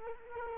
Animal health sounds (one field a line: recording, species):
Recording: mosquito wingbeat signal from an infrared sensor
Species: Culex quinquefasciatus